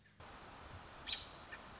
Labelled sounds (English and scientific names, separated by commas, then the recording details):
American Robin (Turdus migratorius)
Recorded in Sonoma County, California